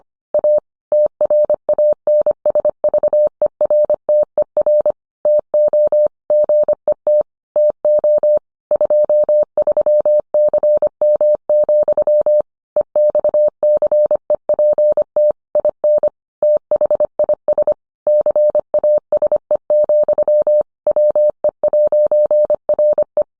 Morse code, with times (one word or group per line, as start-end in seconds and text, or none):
0.3-0.6 A
0.9-4.9 TRANSVERTER
5.3-6.1 TO
6.3-7.2 GET
7.6-8.4 TO
8.7-12.4 23CM,
12.8-15.3 EXCEPT
15.6-16.1 IN
16.4-17.7 THIS
18.1-20.6 CASE,
20.9-23.2 WE'RE